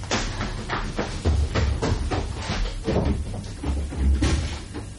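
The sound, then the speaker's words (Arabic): A door is rattled and worked several times, a series of sharp wooden clunks and knocks in uneven rhythm over a steady low rumble, with no talking; someone tries a room door to see whether it is open, and it is locked. “وانظر إذا كان باب غرفة المخدر مفتوحا أو مغلوقا.”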